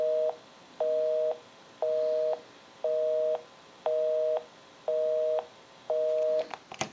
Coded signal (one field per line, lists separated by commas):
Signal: telephone call progress tone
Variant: North America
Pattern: busy tone